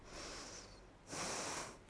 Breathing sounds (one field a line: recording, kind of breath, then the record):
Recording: one breath in and out by a microphone near the nose and mouth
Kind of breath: deep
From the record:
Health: marked as sick, illness not named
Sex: female